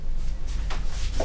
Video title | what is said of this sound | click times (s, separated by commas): Accessorizing your Stokke Crusi Stroller | as you can see that one was not clicked in it was red and now it's green okay again same thing | 0.7 s